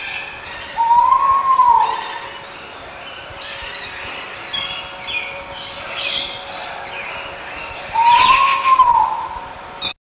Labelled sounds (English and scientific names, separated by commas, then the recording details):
Coral-billed Ground Cuckoo (Carpococcyx renauldi) call
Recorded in captivity
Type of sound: call
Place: Dierenpark Wassenaar, Zuid-Holland, NL
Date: 1976-05-08
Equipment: Halbspur, 9,5 cm/s
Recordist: Lütgens, Hans
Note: Rufe